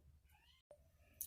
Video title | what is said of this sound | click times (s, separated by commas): I got a Glowforge! What!? Unboxing the GF Basic | so that just snaps right in there | 1.2 s